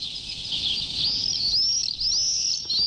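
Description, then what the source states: Common swifts giving shrill, wavering screams, rising and falling in quick overlapping bursts over steady low background noise. Adult birds; recorded in May; one of five swift species in the Iberian Peninsula; already departed for Africa.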